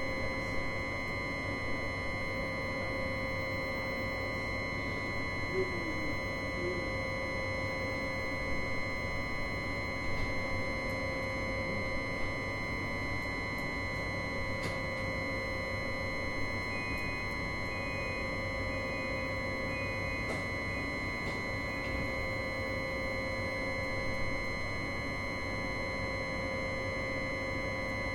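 A tram waits at its terminal, its machinery giving off a constant droning hum with steady whining tones layered over a low rumble. The level barely changes throughout, with only a few faint clicks and ticks scattered across the recording.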